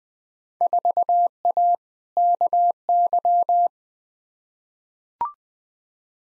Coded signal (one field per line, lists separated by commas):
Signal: Morse code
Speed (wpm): 20 wpm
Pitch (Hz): 700 Hz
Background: none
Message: 4A KY